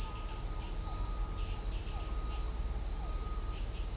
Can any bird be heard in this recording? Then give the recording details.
no. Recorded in shrubland near Pivijay, Magdalena, Colombia, on 4 June 2023 at 05:00. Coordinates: 10.453, -74.365. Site P5-G022